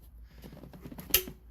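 On a BMW 530d E60 during a xenon D2S headlight bulb replacement, the second plastic clip of the headlight bulb cover case is pushed in against the headlight housing. After quiet handling noises, it snaps home with a loud, sharp click at 1.1 s, and the clip is seated.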